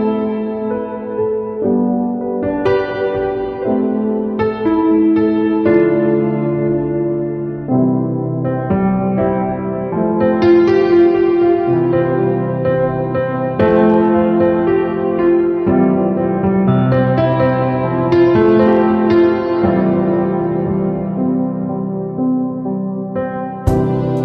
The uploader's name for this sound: Water fall nature music